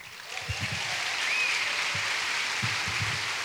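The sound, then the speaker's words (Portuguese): A ceremony audience applauds its presenters, first Joana Marques, steadily, the clapping blending into a dense, even wash of noise that holds at a constant level throughout, with a few low thumps underneath. “Estimável público, pedimos o vosso sentido aplauso para os apresentadores da cerimónia.”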